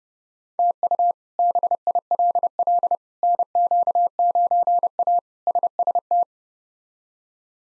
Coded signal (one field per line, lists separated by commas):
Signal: Morse code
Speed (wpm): 30 wpm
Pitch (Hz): 700 Hz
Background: none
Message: TU BILL NQ9A SST